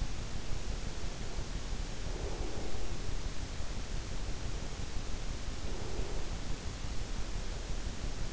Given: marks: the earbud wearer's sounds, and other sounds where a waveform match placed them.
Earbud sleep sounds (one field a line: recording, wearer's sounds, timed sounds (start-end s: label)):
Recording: sounds in sleep by an in-ear microphone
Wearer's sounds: breath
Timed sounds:
2.03-2.93 s: breath
5.45-6.81 s: breath